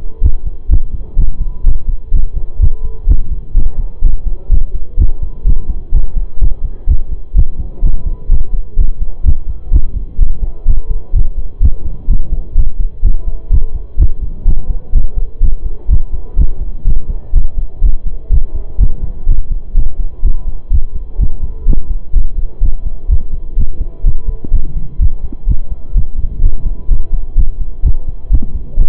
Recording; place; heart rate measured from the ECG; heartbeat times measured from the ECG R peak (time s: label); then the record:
heart sounds by stethoscope; between the tricuspid and mitral areas; 126 bpm
0.22 s: heartbeat
0.70 s: heartbeat
1.17 s: heartbeat
1.64 s: heartbeat
2.12 s: heartbeat
2.60 s: heartbeat
3.08 s: heartbeat
3.55 s: heartbeat
4.02 s: heartbeat
4.50 s: heartbeat
4.98 s: heartbeat
5.45 s: heartbeat
5.93 s: heartbeat
6.40 s: heartbeat
6.88 s: heartbeat
7.35 s: heartbeat
7.82 s: heartbeat
8.30 s: heartbeat
8.77 s: heartbeat
9.25 s: heartbeat
9.72 s: heartbeat
10.19 s: heartbeat
10.66 s: heartbeat
11.14 s: heartbeat
11.61 s: heartbeat
12.08 s: heartbeat
12.56 s: heartbeat
13.03 s: heartbeat
13.51 s: heartbeat
13.98 s: heartbeat
14.46 s: heartbeat
14.93 s: heartbeat
15.41 s: heartbeat
15.89 s: heartbeat
16.37 s: heartbeat
16.85 s: heartbeat
17.34 s: heartbeat
17.82 s: heartbeat
18.31 s: heartbeat
18.79 s: heartbeat
19.27 s: heartbeat
19.75 s: heartbeat
20.23 s: heartbeat
20.71 s: heartbeat
21.19 s: heartbeat
21.66 s: heartbeat
22.14 s: heartbeat
22.62 s: heartbeat
23.09 s: heartbeat
23.57 s: heartbeat
24.04 s: heartbeat
24.52 s: heartbeat
24.99 s: heartbeat
25.47 s: heartbeat
25.95 s: heartbeat
26.42 s: heartbeat
26.89 s: heartbeat
27.36 s: heartbeat
27.83 s: heartbeat
28.31 s: heartbeat
28.78 s: heartbeat
From the record:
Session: pedaling a stationary bicycle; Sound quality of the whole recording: saturated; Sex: male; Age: 25 years